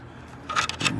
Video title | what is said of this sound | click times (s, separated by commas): Lexus LX470 - Garage Alpha Offroad Grille Install - Avalon Auto Offroad Builds | there we go so snapped right into place | 0.9 s